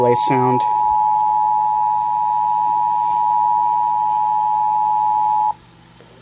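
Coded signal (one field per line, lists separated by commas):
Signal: Emergency Alert System (SAME) tones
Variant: 853 and 960 Hz attention tone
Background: speech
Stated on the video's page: EAS severe thunderstorm alert relayed on weather radio station WXJ84 and WMXE.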